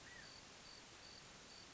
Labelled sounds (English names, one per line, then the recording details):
California Quail
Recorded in Sonoma County, California